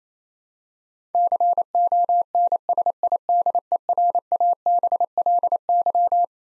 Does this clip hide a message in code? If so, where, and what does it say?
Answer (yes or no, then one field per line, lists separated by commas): yes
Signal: Morse code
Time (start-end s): 1.1-6.2 s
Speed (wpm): 28 wpm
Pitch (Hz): 700 Hz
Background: none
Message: CONSIDERABLY